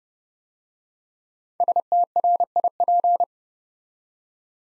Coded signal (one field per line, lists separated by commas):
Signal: Morse code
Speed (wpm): 30 wpm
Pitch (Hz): 700 Hz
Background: none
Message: STRIP